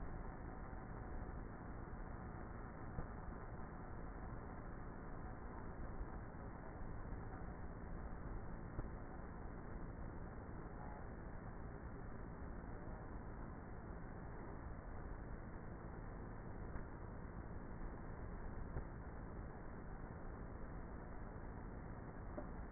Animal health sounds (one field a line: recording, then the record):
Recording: honeybee colony, microphone inside the hive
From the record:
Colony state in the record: queenless with a low population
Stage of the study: before two queens were removed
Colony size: about 30,000 bees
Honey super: no